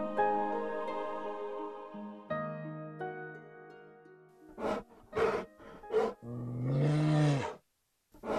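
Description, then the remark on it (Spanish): A Gobi bear roars: after a stretch of steady sustained tones, three short rough bursts give way to one long, loud, throaty roar that slowly sags in pitch before stopping. “El oso del Gobi es considerado un tesoro nacional de Mongolia y es la única especie de oso que habita en el desierto de Gobi.”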